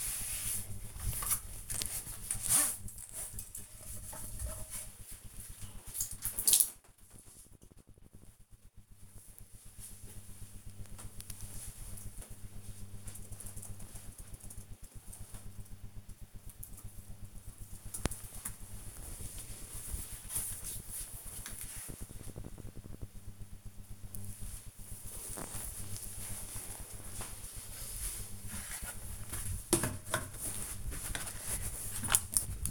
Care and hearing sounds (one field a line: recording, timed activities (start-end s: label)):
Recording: household activities, microphone on the right wrist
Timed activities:
0.00-5.96 s: bathroom cleaning (bathtub)